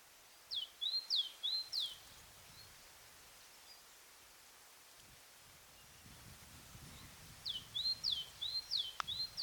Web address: pub SETE data Parus major